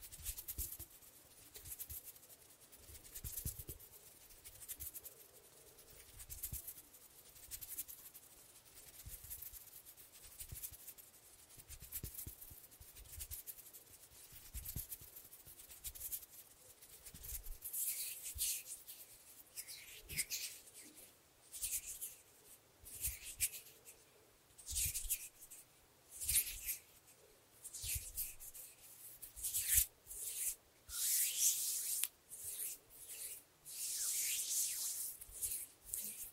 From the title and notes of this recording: ASMR Super Relaxing Hand Sounds With Finger Fluttering（No Talking）.